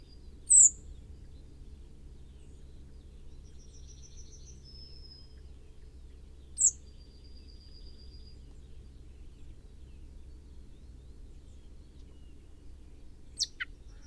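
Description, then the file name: Common blackbird calls: a few sharp, abrupt notes spaced several seconds apart with thin high drawn-out whistles between them, over steady low rumble. "Turdus merula"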